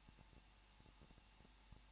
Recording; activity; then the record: daily activity, microphone in the room; no activity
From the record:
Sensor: 1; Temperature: 20.1 degrees Celsius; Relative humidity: 39.1%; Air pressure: 1006.5 hPa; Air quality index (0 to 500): 216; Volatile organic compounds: 72 ppm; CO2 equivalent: 3541 ppm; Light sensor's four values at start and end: 1/2/1/1 and 1/2/1/1